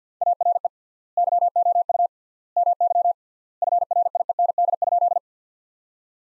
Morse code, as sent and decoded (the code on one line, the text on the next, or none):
.- .-. . / -.-- --- ..- / -- -.-- / ..-. .-. .. . -. -.. ..--..
ARE YOU MY FRIEND?